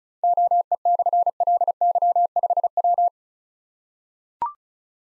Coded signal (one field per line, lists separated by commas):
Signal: Morse code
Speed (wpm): 36 wpm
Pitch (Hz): 700 Hz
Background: none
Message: OE/LY5W